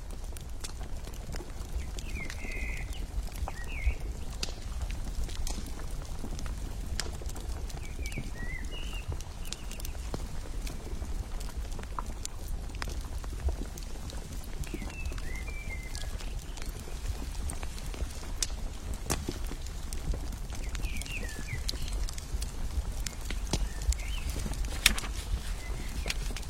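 Firewood crackles in irregular sharp snaps over a steady low rumble, with brief faint chirping sounds returning every few seconds.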